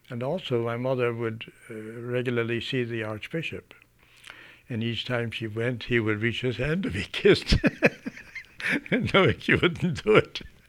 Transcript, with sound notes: And also my mother would regularly see the archbishop, and each time she went he would reach his hand to be kissed. (he laughs) And so she wouldn't do it.